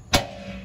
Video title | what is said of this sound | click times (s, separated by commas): Camper Tutorial Part 2 (inside) | and down and it snaps into place | 0.2 s